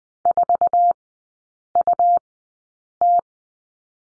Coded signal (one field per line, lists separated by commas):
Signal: Morse code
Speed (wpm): 20 wpm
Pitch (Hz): 700 Hz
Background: none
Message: 4UT